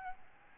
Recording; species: mosquito wingbeat signal from an infrared sensor; Aedes albopictus